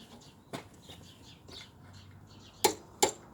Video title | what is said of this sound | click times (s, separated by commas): Citroën Evasion 2.0 hdi - comment régler les freins à tambours | Voilà, vous avez entendu le clic-clic, ça veut dire que | 2.7 s, 3.0 s